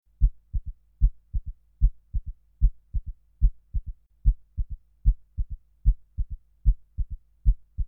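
Regular heart rhythm at about 75 beats a minute, each cycle a firm first sound followed by two close low sounds, giving a three-beat gallop. The extra low thud just after the second sound is a loud third heart sound, an early-diastolic filling sound that is abnormal in adults.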